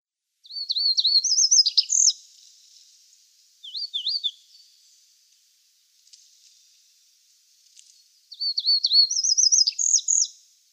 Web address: Schulze Peter Chestnut Bunting song